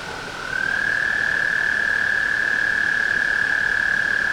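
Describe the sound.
Tree frog trill, a steady high buzzing note that swells in after half a second and holds without a break, over soft background hiss.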